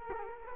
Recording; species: mosquito wingbeat signal from an infrared sensor; Culex quinquefasciatus